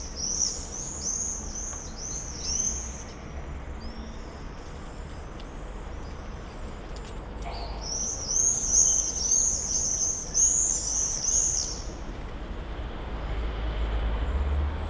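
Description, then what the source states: Common swift screams, a string of high screams, a quieter gap, then a dense loud chorus of several swifts. Summer evening in a backyard in Bytom, Poland; many swifts circling; recorded with Zoom F4 and AT BP4025.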